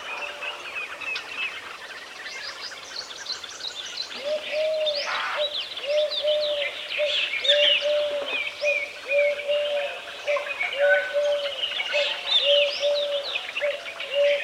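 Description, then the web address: Collared dove cooing: a low, soft series of repeated coos starting after about four seconds, beneath a busy chorus of higher chirping and whistling birds and insects. Morning at Lal Suhanra, Pakistan; many collared doves, with insects and other birds in the background. "BBC. lal suhanra pakistan many collared dovesand insects other birds in background"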